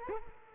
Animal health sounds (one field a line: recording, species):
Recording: mosquito wingbeat signal from an infrared sensor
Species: Culex quinquefasciatus